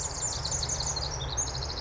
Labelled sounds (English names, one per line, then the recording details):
Pacific Wren
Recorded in Sonoma County, California